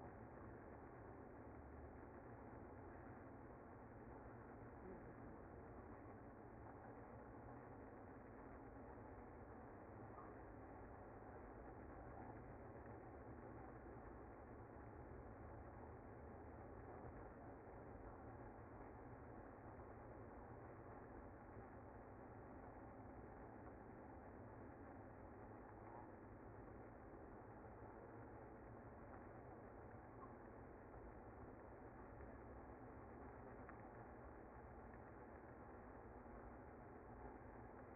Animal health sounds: honeybee colony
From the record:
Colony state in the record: active

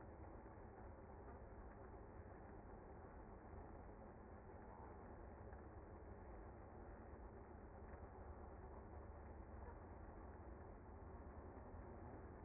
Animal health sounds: honeybee colony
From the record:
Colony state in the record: active

